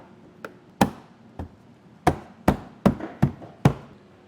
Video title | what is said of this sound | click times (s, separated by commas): etrailer - Mount: Curt Trailer Hitch Receiver on a 2020 Subaru Outback Wagon | center pops into place that you get your sides pop back into place | 0.8 s, 2.1 s, 2.5 s, 2.9 s, 3.6 s